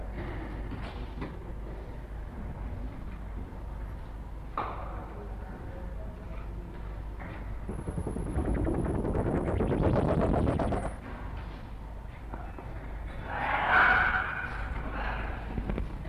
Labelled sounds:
Goeldi's Marmoset
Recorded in captivity
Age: adult
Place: Zoo Hannover, Niedersachsen, DE
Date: 1960-11-30 15:45
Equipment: Minifon, Kopie Smaragd
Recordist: Tembrock, Günter

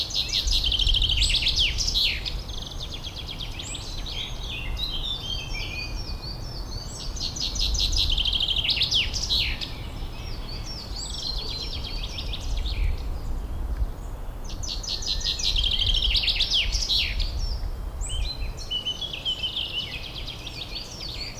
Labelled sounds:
Common Chaffinch song
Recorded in the wild
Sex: male
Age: adult
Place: Summt, Brandenburg, DE
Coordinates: 52.6931, 13.3606
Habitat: forest
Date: 1997-05-17 13:38
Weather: sunny, 25°C
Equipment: Sony MD-WM MZ-R3, Sennheiser MKH 416 T, Kopie Uher 4000 Report Monitor
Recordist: Tembrock, Günter

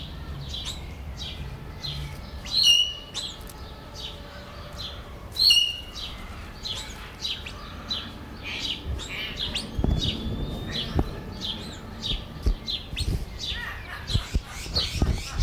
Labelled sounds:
Crested Myna
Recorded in captivity
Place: Zoo Berlin, Berlin, DE
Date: 1996-05-05 12:49
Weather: wolkig, 6-8°C
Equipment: Sony MD-WM MZ-R3, Sennheiser MKH 416 T, Kopie Uher 4000 Report Monitor
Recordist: Tembrock, Günter

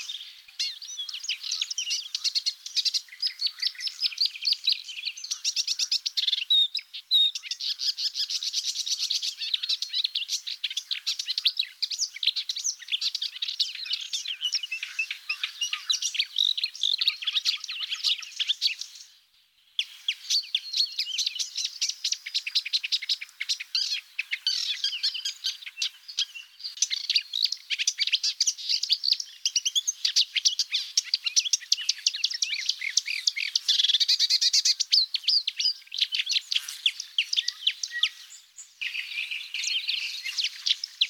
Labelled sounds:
Marsh Warbler song
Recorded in the wild
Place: Telehany, BY
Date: 2005-05-24
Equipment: Minidisc Sony MZ-R35, Telinga DAT, Telinga-Parabolspiegel
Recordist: Schwarz, Dieter

